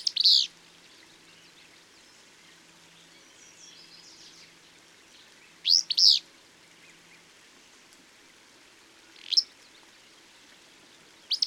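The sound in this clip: Bird song: short bright high chirped phrases separated by several seconds of quiet, over a faint steady background hiss.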